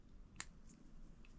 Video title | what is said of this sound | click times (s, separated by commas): New GoPro 13 Magnetic Door & comparison | locks right in very cool | 0.4 s